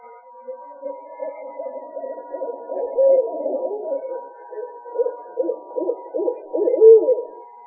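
Owl hoots in a continuous low, pulsing stream, swelling and fading in loudness, with louder clustered hoots near the end over a faint steady hum.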